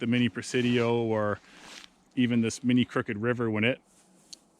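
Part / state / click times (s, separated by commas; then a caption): folding knife blade locking open in its handle / seated / 4.3 s. Someone talks through most of the clip while a smaller folding knife, a mini Presidio or mini Crooked River, is opened for comparison. At 4.3 s its blade locks open in its handle with a sharp, faint little click, confirming the lock has engaged.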